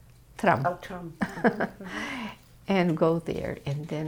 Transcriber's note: laughs